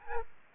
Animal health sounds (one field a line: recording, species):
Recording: mosquito wingbeat signal from an infrared sensor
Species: Aedes aegypti